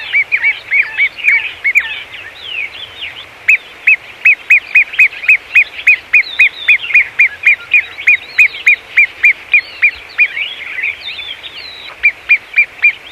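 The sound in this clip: Great gerbil squeaks in rapid series, with quieter wavering chirps between.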